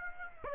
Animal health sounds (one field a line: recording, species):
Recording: mosquito wingbeat signal from an infrared sensor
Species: Aedes aegypti